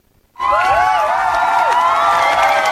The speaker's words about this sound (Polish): Świetna pamięć, wielkie brawa.